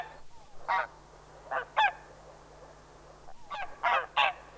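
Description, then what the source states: Greylag Goose honks, several loud nasal calls spaced irregularly, some in quick pairs, with quiet gaps between and a low hum underneath. Field recording.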